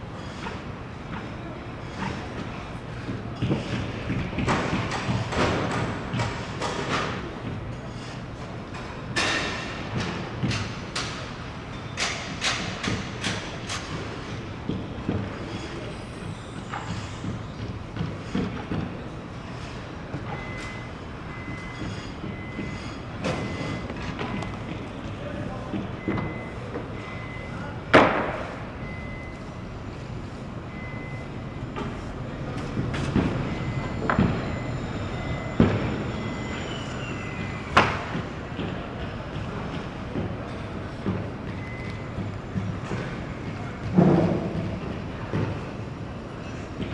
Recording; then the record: background sound without coughing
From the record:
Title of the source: 30 MINUTES Construction Site Ambience (CC BY 4.0)